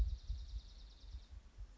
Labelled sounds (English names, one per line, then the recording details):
Dark-eyed Junco
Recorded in Sonoma County, California